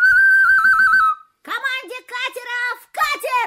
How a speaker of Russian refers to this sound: Ну давай, дуй свою дудку.